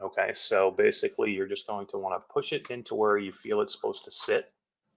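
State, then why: Not seated. The plastic facial interface is being pushed into its recess on an Oculus Quest 2 VR headset while someone talks throughout the clip. No snap is heard, and the interface has not seated or clicked into place yet.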